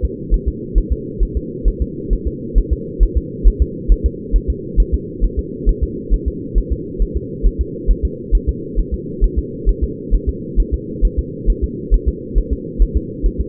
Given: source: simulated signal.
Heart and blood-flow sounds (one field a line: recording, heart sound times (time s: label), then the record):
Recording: fetal heart sounds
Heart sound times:
0.05 s: S2
0.34 s: S1
0.48 s: S2
0.78 s: S1
0.92 s: S2
1.23 s: S1
1.37 s: S2
1.68 s: S1
1.82 s: S2
2.13 s: S1
2.27 s: S2
2.58 s: S1
2.73 s: S2
3.03 s: S1
3.18 s: S2
3.48 s: S1
3.62 s: S2
3.92 s: S1
4.06 s: S2
4.36 s: S1
4.50 s: S2
4.80 s: S1
4.94 s: S2
5.25 s: S1
5.39 s: S2
5.69 s: S1
5.83 s: S2
6.14 s: S1
6.28 s: S2
6.58 s: S1
6.72 s: S2
7.02 s: S1
7.17 s: S2
7.46 s: S1
7.61 s: S2
7.91 s: S1
8.05 s: S2
8.35 s: S1
8.49 s: S2
8.79 s: S1
8.94 s: S2
9.24 s: S1
9.39 s: S2
9.69 s: S1
9.84 s: S2
10.14 s: S1
10.29 s: S2
10.60 s: S1
10.74 s: S2
11.05 s: S1
11.19 s: S2
11.50 s: S1
11.64 s: S2
11.94 s: S1
12.09 s: S2
12.38 s: S1
12.53 s: S2
12.82 s: S1
12.97 s: S2
13.26 s: S1
13.41 s: S2
From the record:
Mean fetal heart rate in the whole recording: 135 bpm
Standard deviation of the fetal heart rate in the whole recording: 3 bpm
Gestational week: 36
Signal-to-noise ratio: -4.1 dB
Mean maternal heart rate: no maternal heart sound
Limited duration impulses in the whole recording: absent